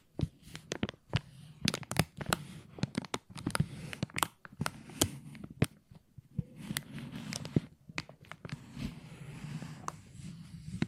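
Plastic being crinkled and handled, with sharp, bright crackles scattered irregularly across the whole clip, often several per second. Beneath the snaps runs a soft, low rustling that swells and fades, thinning out briefly around the middle before picking up again.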